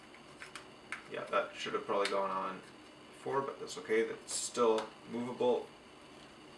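A plastic front piece is handled against an Imperial Knight model's body while someone talks, with a few light ticks near 0.4, 0.6 and 0.9 s. The piece has not yet seated or clicked into place when the clip ends.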